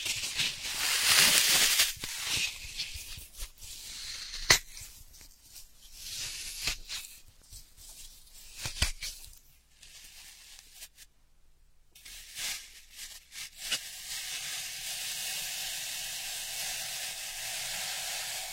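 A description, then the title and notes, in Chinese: Ear scratching with bursts of rustling scrapes, a loud hiss near the start, sharp clicks around five and nine seconds, then steady soft friction. 姐姐抠耳朵催眠8（声控助眠）。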